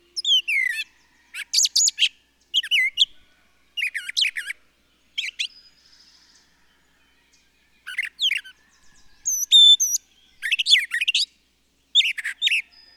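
Bird song in brisk high bursts of chirps and twisting whistles, with a short quiet gap midway before the phrases resume.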